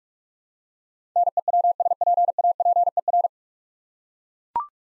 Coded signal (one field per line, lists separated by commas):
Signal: Morse code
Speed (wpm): 42 wpm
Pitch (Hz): 700 Hz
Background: none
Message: NEWSPAPER